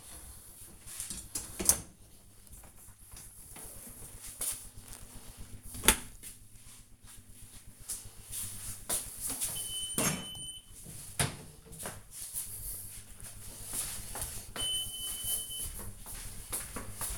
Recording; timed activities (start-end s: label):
household activities, microphone on the right wrist
0.00-5.24 s: cleaning out the dishwasher